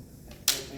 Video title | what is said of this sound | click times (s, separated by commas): Hot rod and Resto-Mod interior fabrication like the pros | You click and | 0.5 s